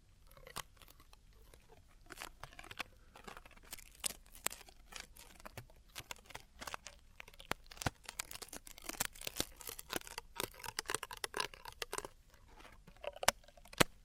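Ear cleaning sounds as a tool scrapes and rustles inside the ear, giving dense, crackly scratching with sharp ticks and crinkles. Clicks come irregularly but almost constantly, clustering thickly between four and eleven seconds, with a few louder snaps near the end.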